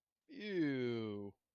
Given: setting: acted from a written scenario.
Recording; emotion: vocal sound without words; disgust